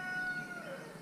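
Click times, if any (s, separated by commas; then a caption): none. A replacement spring is slid onto the door handle lock mechanism of a 1996 Blue Bird TC2000 bus. A thin, steady whine with bright overtones drifts slightly downward over a low background hiss. Nothing has seated or clicked into place yet.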